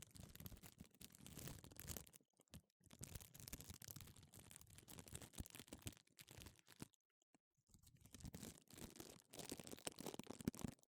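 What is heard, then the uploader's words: Gloves being handled, with dense crinkling, rubbing and crunching in rapid bursts. The material noise comes in stretches, with short silences near 2 and 2.7 seconds and a longer pause around 7 to 7.7 seconds before the rustling resumes. 5 different GLOVES Sounds. (No Talking).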